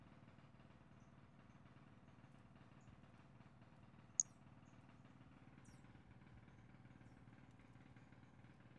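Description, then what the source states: Pumpkin toadlet call: a lone, brief, very high-pitched chirp, followed by a faint high click, against a steady low hum. Recorded on 5 February 2016.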